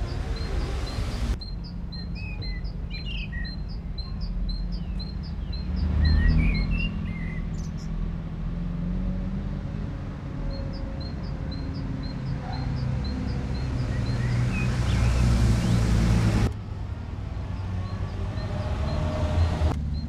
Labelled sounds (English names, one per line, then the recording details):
Common Blackbird song
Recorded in the wild
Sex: male
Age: adult
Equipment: Uher 4000, Sennheiser MKH 415 T
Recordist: Tretzel, Erwin